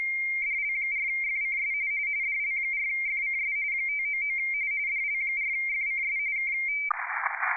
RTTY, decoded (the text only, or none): DL4FCS DL4FCS 599 DL4FCS K